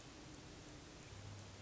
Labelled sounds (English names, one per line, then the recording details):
Hermit Thrush
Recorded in Sonoma County, California